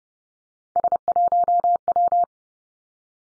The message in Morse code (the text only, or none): S1W